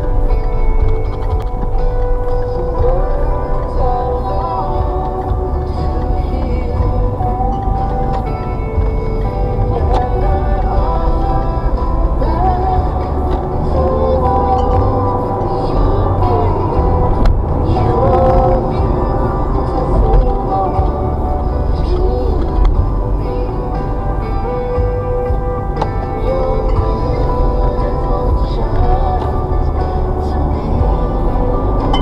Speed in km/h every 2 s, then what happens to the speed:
15, 19, 27, 27, 26, 35, 47, 58, 63, 55, 45, 37, 35, 39, 42, 55.
1-4 speeds up to 27. 8-15 speeds up to 63. 17-23 brakes to 35. 23-32 speeds up to 55.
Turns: 2-11.